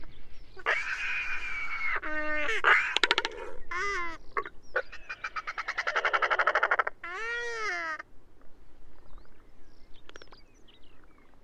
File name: royal albatrosses singing